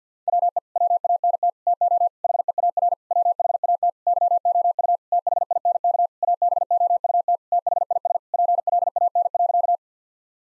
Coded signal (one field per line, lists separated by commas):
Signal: Morse code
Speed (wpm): 50 wpm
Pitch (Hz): 700 Hz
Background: none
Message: WE WANT TO HEAR WHAT YOU THINK ABOUT THIS PLAN.